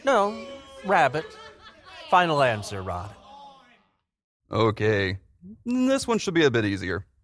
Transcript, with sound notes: No, rabbit. Final answer, Rod.
[LONG PAUSE] Okay, this one should be easier.